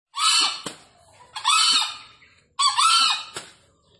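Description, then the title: Green junglefowl crowing: three loud, harsh, screeching calls about 1.2 seconds apart. Wild green junglefowl, released free, calling persistently from up in a tree; used as a lure for junglefowl. "Panggilan Ayam Hutan Liar. Ayam Hutan Hijau Dilepas Bebas n Bunyi Gacor Diatas Pohon"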